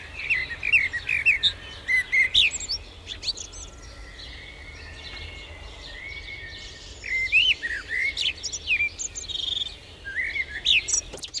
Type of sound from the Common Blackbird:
song